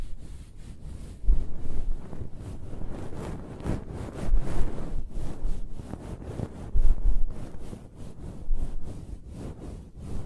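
Close-up hair sounds: a continuous rough scratching and rubbing with a heavy low rumble, like fingers or a brush dragging against a microphone. Quick strokes repeat steadily, with louder, fuller swells around one, four, seven and nine seconds.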